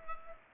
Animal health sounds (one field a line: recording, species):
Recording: mosquito wingbeat signal from an infrared sensor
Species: Culex pipiens